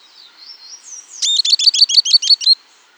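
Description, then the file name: Bird: a thin whistle first, then a fast run of several buzzy, high chattering notes in a little over a second. "SABIOD 50 bird 2015"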